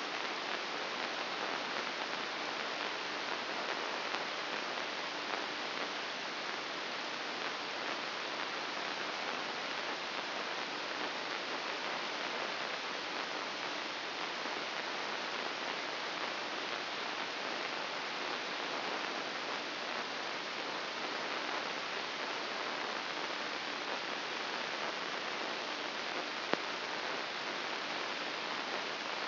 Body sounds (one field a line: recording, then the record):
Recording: brain microelectrode recording played as sound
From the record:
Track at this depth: inside the subthalamic nucleus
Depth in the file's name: 3.004 mm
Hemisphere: right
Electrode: 2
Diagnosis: Parkinson's disease